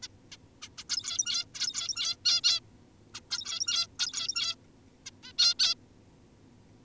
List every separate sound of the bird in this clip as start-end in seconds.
0.03-0.08, 0.31-0.37, 0.62-0.69, 0.78-0.84, 0.90-1.46, 1.54-2.16, 2.25-2.42, 2.44-2.60, 3.14-3.21, 3.31-3.87, 3.99-4.56, 5.06-5.11, 5.23-5.33, 5.38-5.55, 5.59-5.75